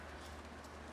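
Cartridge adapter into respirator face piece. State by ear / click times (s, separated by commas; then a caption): not seated / none. A cartridge adapter is handled against an SCBA respirator face piece, to be seated and given a quarter turn the same way a regulator attaches. A steady low hum and broad hiss run the whole second at an even level, with no sharp transients. Nothing has seated or clicked yet.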